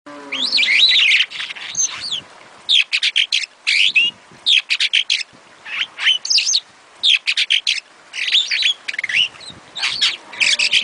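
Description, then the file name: Starling giving a continuous, energetic song of clipped chirps, squeaky whistles and buzzy notes in quick irregular bursts. "suara kicauan jalak afrika. omkicau"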